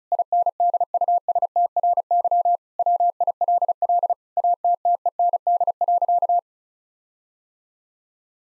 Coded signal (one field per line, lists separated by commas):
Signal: Morse code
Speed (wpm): 36 wpm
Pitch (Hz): 700 Hz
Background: none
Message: INDUSTRY WILL ATTEND.